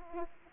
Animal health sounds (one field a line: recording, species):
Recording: mosquito wingbeat signal from an infrared sensor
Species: Aedes aegypti